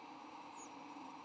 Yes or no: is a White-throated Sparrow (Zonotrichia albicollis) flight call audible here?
no